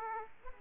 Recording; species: mosquito wingbeat signal from an infrared sensor; Aedes aegypti